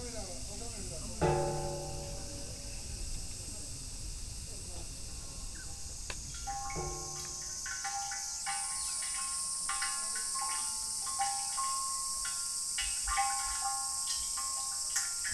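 A Kyoto field recording with a steady, high insect drone, like crickets, running throughout and climbing a little higher after about eight seconds. Brief voice-like tones surface near one and seven seconds, then scattered short chirps repeat over a soft low rumble.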